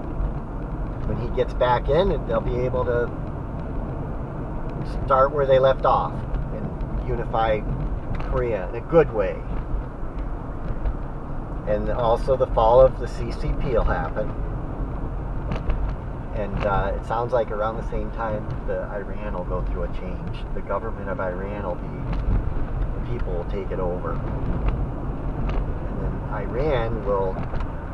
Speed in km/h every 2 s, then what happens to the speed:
53, 55, 56, 56, 52, 52, 50, 52, 53, 50, 53, 56, 61, 63.
0-6 steady at about 55. 6-11 slows to 50. 11-20 steady at about 52. 20-28 speeds up to 63.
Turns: none.